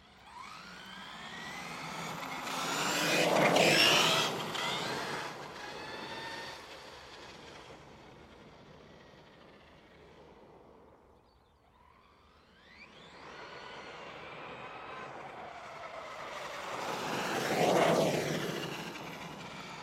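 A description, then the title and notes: An RC monster truck makes two passes on an asphalt road, near 3 and 17 seconds, each a rising roar of tires with a high motor whine that bends in pitch as it goes by. Between them the truck fades, almost silent around 12 seconds. RC Monster Truck Sound. This recording captures my RC truck's brushless motor and tire sound on an asphalt village road. Recorded using Zoom F6 with Rode NT-5 matched pairs with NOS configuration. Master audio is 32-bit 192kHz, rendered to 16-bit 48kHz using WaveLab.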